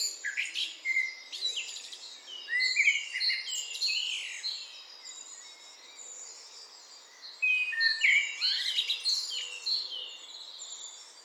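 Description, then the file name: Eurasian blackbird singing fluted phrases, with an energetic chorus of high-pitched twitters around it. "Turdus merula"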